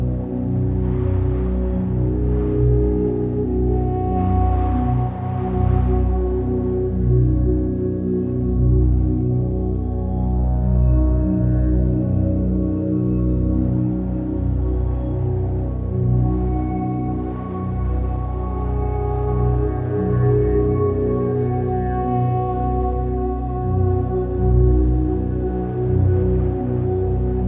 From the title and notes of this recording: Snowy Forest - Ambience and Ambient Music. The soothing sounds of a wind-swept snowy forest, with ambient sounds and beautiful ambient music.